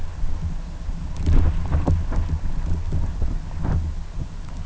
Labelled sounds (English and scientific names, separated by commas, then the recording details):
none
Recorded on Arctic tundra, site UTQI-2, on 11 June 2019
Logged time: 20:00